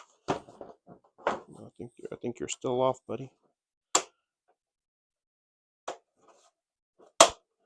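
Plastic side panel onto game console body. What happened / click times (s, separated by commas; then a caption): The plastic side cover snapped into place / 7.2 s. A plastic side cover is realigned and pushed onto the body of a PS5 Pro 30th Anniversary Edition console while someone talks. After a couple of sharp knocks at about 4.0 s and 5.9 s, the panel snaps into place with a loud click at 7.2 s.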